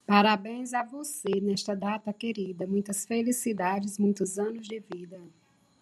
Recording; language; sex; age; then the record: short text; Brazilian Portuguese; female; 20 to 29 years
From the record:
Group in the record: control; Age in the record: 24 years